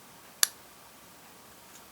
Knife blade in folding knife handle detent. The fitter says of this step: Okay, did you hear that little click?